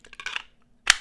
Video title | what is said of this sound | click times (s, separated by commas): The Best EDC Fixed Blade Yet! Schwarz Knives Overland Sport | nice positive click absolutely no rattle nice little spot to push off on | 0.9 s